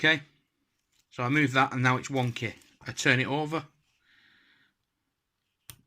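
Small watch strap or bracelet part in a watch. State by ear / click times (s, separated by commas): released / 5.7 s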